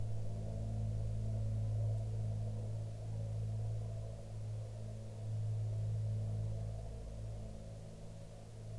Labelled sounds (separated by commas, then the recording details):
aircraft
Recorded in the Prudhoe Bay oil fields, Alaska, on 15 June 2019 at 14:09
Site 16